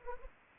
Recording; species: mosquito wingbeat signal from an infrared sensor; Anopheles arabiensis